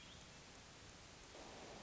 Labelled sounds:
Hermit Thrush (Catharus guttatus)

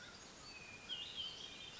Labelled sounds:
Hermit Thrush (Catharus guttatus)

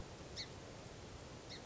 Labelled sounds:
Song Sparrow (Melospiza melodia)

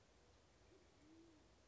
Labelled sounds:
Band-tailed Pigeon (Patagioenas fasciata)

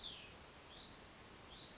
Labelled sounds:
Cassin's Vireo (Vireo cassinii)

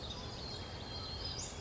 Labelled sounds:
Western Flycatcher (Empidonax difficilis)

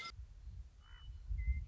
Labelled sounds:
Western Meadowlark (Sturnella neglecta)

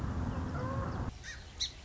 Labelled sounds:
Song Sparrow (Melospiza melodia)

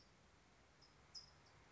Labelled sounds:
California Towhee (Melozone crissalis)

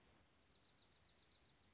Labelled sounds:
Dark-eyed Junco (Junco hyemalis)

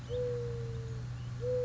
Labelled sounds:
Mourning Dove (Zenaida macroura)

